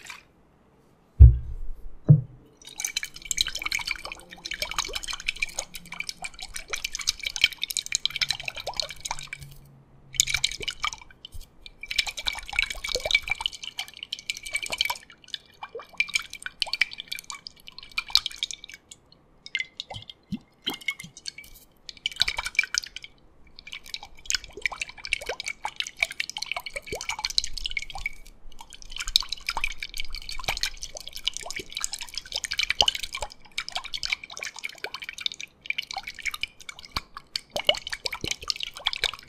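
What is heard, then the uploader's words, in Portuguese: Liquid sounds, water and thick creams being squished and dripped, wet, with dense bursts of bright sticky crackle through most of the clip. A few low knocks open it, and brief quiet pauses fall near ten and twenty seconds. Sons Líquidos, Oleosos e Cremes + Aggressive Tapping [No Talking]. ASMR [No talking] com sons de água, óleos, garrafa de whisky e cremes densos e não densos.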